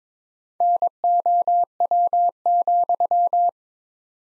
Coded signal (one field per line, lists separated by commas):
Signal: Morse code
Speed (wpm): 22 wpm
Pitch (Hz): 700 Hz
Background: none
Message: NOW,